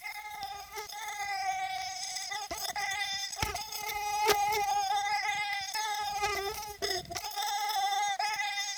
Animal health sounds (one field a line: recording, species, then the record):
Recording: mosquito flight sound by mobile phone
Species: Aedes sierrensis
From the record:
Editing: cut to the mosquito's sound